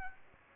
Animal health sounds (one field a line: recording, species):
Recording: mosquito wingbeat signal from an infrared sensor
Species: Aedes aegypti